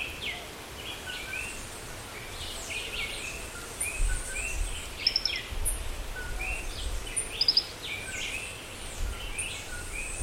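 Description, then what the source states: Birds call in a chorus of chirps and slurred notes, with two quick high trills in the middle, over constant low rumbling noise. Forest.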